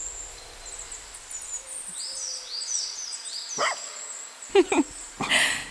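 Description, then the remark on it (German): A dog lets out several short, sharp barks in the second half, irregularly spaced, over a steady background of high, thin birdsong chirping throughout. “Na komm, Hundchen.”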